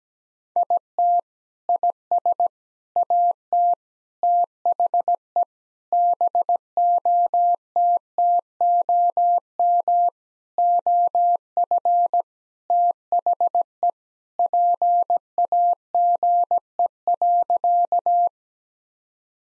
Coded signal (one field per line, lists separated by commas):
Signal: Morse code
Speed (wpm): 17 wpm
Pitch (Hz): 700 Hz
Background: none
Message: IT IS AT THE BOTTOM OF THE PAGE.